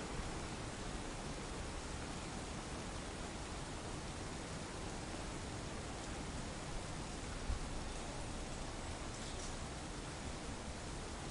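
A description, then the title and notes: Rainfall over a city makes a dense, unbroken hiss that fills everything from a low rumble to a bright top. The level holds steady throughout, with only a faint tick near the middle and a soft brighter wash toward the end. Rainy city white noise, urban white noise, city rainfall, ambient city sounds, rain noise.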